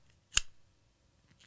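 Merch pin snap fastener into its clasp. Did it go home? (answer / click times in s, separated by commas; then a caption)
yes / 0.4 s. The small plastic or metal snap fastener on a merch pin is pressed back into its clasp, giving one sharp, bright snap at 0.4 s against a quiet background with a few faint soft sounds. The fastener snaps in and is seated.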